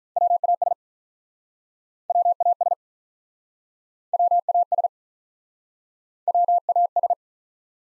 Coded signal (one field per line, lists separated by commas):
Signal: Morse code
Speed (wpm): 47 wpm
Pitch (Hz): 700 Hz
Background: none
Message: WAS WAS WAS WAS